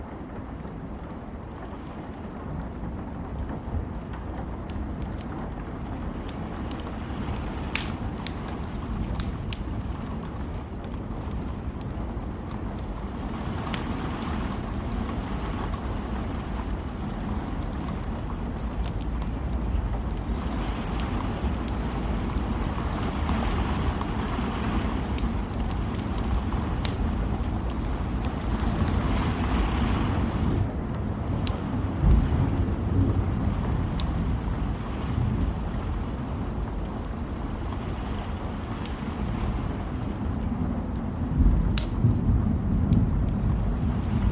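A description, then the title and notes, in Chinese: A fire burns on a rainy night, a dense, steady low rumble and soft hiss running throughout. Scattered sharp crackles and pops break through irregularly, a little more often near the end as the sound grows slightly louder. 雨夜火炉。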